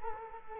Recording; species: mosquito wingbeat signal from an infrared sensor; Culex quinquefasciatus